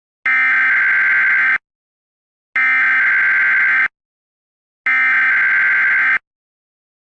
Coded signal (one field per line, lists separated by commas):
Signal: Emergency Alert System (SAME) tones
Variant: header bursts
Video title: EAS Scenario - Majora's Mask